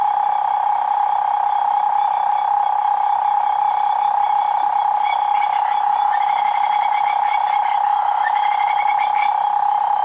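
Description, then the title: Cane toad trill: an unbroken, even drone, joined midway by faint repeated chirping notes. Cane toads calling at night, Australia, 2011. "EMERGING TERRITORIES. Cane Toads at Night"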